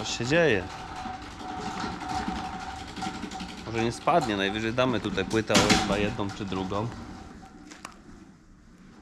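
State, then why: Seated. Someone talks for most of the clip while a latch or hook is fastened on a load or machine on a building site. A single sharp click at 7.9 s marks the fastener latching closed and seating.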